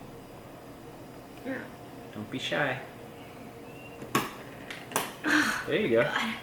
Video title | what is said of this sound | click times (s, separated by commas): Showing my girlfriend how to upgrade a CPU (AMD Ryzen 5 3600) | so we heard it click actually on this side and this side of the retaining are popped up so we know that it's good | 4.1 s, 5.0 s